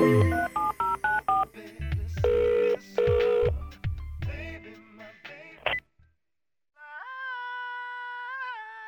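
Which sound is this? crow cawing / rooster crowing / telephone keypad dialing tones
telephone keypad dialing tones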